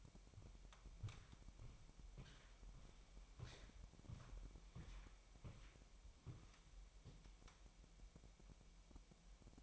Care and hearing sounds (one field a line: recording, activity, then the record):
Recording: daily activity, microphone in the room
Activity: walk to room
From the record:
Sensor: 1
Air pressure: 1002.0 hPa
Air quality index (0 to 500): 247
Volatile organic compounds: 52 ppm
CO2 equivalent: 3319 ppm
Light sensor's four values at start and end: 7/17/7/8 and 7/16/6/7